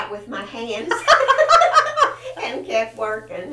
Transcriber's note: laughter